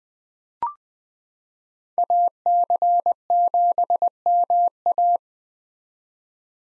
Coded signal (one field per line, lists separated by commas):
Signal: Morse code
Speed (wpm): 20 wpm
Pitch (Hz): 700 Hz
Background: none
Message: AC7MA